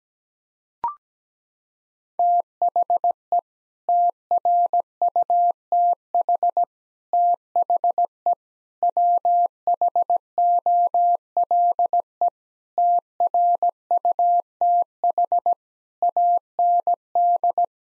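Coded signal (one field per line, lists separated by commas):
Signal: Morse code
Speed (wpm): 17 wpm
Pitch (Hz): 700 Hz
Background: none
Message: THE TRUTH THE WHOLE TRUTH AND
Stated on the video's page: Morse head-copy drill of common nine-word groups at 17 wpm, each sent, spoken, then sent again.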